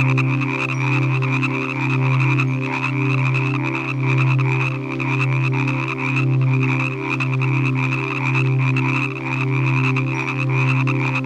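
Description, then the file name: Frogs calling together, a low throbbing hum swelling and fading repeatedly beneath quick rattling croaks and a steady high ringing tone. Evening frog chorus from a relaxing nature sounds collection. "Relaxing Nature Sounds Collection - Evening with Frog Music"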